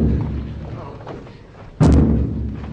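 A heavy knocking thud lands suddenly after a stretch of low rumbling background, a loud blunt strike or two in quick succession that booms and slowly fades.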